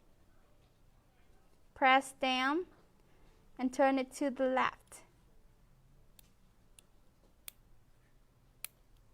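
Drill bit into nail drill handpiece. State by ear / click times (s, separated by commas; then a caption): seated / 8.6 s. Someone talks while a fine bit is inserted into an electric nail drill handpiece, pressed down, and the collar turned to the left to lock it, with faint clicks heard during the turn. A sharper click at 8.7 s marks the bit locking into the handpiece, and it is then tugged gently to check that it is held.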